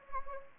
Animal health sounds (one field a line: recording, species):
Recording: mosquito wingbeat signal from an infrared sensor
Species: Anopheles gambiae